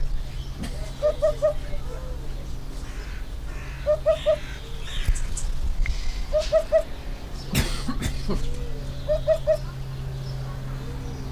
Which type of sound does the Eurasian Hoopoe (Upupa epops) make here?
song